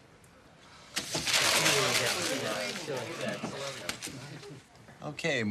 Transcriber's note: soundbite of meeting chatter